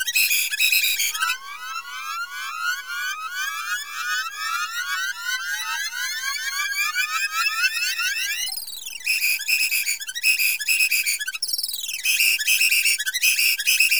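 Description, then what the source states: Tamarin threat calls: a dense run of high rising whistled notes repeated rapidly, giving way to a loud chaotic burst of overlapping whistles and chirps. Threat-based call.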